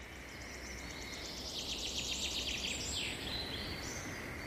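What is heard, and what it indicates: Steady water-like hiss carries quick, high bird chirps, about four a second, rising in the middle and then tailing off, with frog-like calls. It is a relaxing spring nature soundscape from a tinnitus app, like a pleasant afternoon in the woods by a lake, the kind of background used in sound therapy for tinnitus.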